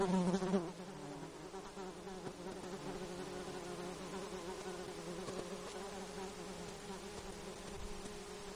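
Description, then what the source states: Mosquito whine, a brief louder buzz at the start, then quieter overlapping hums that drone and waver steadily over soft background rustle. Insects recorded in Alaska on 10 August 2012 at 19:10.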